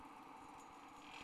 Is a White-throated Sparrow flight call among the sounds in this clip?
no